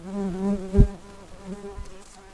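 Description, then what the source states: Common carder bee buzz, a low droning hum with wavering pitch and harmonics, briefly swelling louder near the middle, with a soft thump. Workers.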